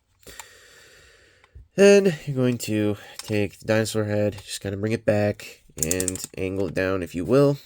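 During transformation of a Transformers Studio Series 86 Leader Sludge toy robot, the plastic dinosaur-hand arm is folded in and pushed into the robot's body until it clicks into its locked position at 0.4 s. A quieter tap follows at about 1.4 s, and then someone talks.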